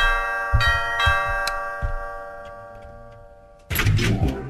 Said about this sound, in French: Ah bah alors vous avez remis cette sonnette là maintenant. Bah oui, j'ai changé d'avis, alors bon, je fais comme je veux.